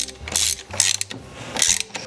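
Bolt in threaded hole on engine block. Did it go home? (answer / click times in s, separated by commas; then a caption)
no / none. A ratchet turns a bolt in a threaded hole on the engine block, in the fuel pump area of a 1977 Ford Quadravan, and its pawl clicks in rapid bursts around 0.4, 0.8–0.9 and 1.6 seconds. The bolt just spins without tightening because the threaded hole is stripped, so nothing has seated.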